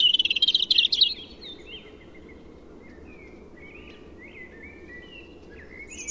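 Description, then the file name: European robin song opening with a rapid warbling phrase, then thin scattered high notes and short twittering slides, with steady low background noise. "Erithacus rubecula"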